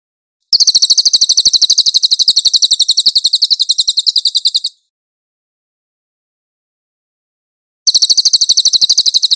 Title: SUARA BURUNG CILILIN